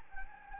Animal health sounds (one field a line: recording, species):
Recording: mosquito wingbeat signal from an infrared sensor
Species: Anopheles gambiae